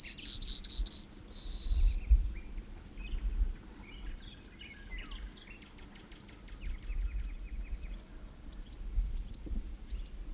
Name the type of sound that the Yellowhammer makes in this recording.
song